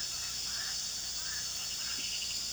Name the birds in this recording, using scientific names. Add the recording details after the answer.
none. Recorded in pastures near Puerto Asís, Putumayo, Colombia, on 18 February 2024 at 02:00. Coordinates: 0.466, -76.323. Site G6384